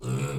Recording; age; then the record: pig call; weaner (32 to 43 days)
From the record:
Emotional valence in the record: negative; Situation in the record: novel object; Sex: female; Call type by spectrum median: low-frequency call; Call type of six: low-frequency stable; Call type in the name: low-frequency stable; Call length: 0.39 s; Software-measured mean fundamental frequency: 67 Hz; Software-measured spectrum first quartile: 140 Hz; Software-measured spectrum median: 335 Hz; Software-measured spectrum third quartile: 1355 Hz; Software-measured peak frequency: 132 Hz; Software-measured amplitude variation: 108 dB a second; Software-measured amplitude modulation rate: 10.2 a second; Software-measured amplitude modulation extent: 10.7 dB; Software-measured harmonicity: 5.8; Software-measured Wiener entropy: -1.93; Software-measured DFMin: 1009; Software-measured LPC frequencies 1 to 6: 268, 1312, 2482, 3386, 4812, 5962 Hz